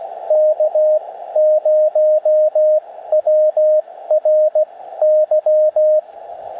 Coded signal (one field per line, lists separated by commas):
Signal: Morse code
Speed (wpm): 16 wpm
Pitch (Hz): 590 Hz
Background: radio noise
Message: K0WRY